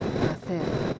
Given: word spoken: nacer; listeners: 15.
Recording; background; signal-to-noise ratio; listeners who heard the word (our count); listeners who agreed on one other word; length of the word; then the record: one Spanish word in noise, from a listening test; noise modulated by three-talker babble; -4.6 dB; 2 of 15; 10 of 15; 0.59 s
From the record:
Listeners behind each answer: 10, 2, 2, 1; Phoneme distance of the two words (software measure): 7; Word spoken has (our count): 2 syllables, 5 phonemes, stress on syllable 2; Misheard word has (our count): 2 syllables, 4 phonemes, stress on syllable 2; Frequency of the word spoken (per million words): 19.90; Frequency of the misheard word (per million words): 629.68